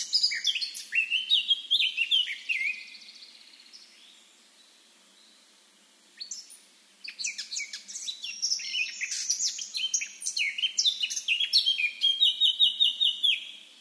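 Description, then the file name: Eurasian blackcap song in two bouts: a bright warble, a pause of a few seconds, then a longer run of rapid chirps and fluty notes. "Sylvia atricapilla"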